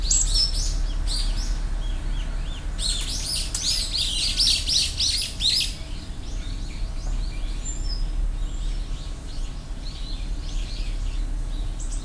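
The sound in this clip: Bird calls: rapid high chirps and twitters crowding together in busy bursts, loudest in the middle, over a steady low hum.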